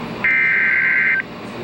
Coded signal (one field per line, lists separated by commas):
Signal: Emergency Alert System (SAME) tones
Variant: header bursts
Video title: Severe Thunderstorm Warning (EAS #899) 7/13/15